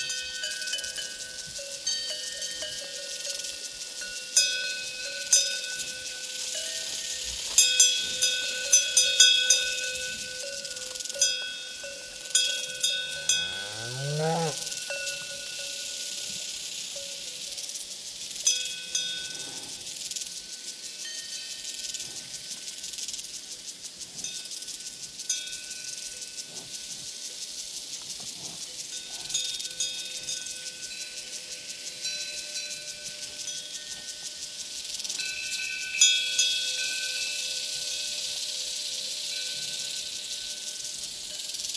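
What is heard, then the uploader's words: Prairie crickets keep up a steady, dense high buzz with a few faint clanks scattered through, and a rising whine around fourteen seconds. Sounds of the Prairie Crickets and Cowbells.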